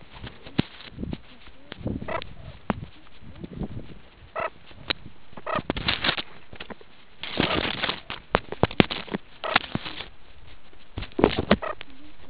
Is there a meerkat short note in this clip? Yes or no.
no